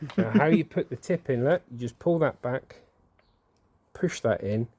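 A plastic spray tip is being fitted into the lance of a battery jet wash: the collar is pulled back and the tip pushed in while someone talks. Two faint, brief ticks come during a pause at about 3.2 and 3.6 seconds, but the tip has not seated or clicked into place yet when the clip ends.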